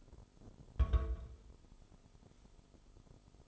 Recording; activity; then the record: daily activity, microphone in the room; place on stove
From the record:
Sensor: 5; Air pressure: 988.4 hPa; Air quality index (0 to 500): 205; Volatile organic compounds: 84 ppm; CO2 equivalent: 3641 ppm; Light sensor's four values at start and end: 47/138/54/59 and 48/140/55/60